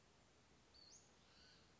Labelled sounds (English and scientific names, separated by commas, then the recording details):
Western Flycatcher (Empidonax difficilis)
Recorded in Sonoma County, California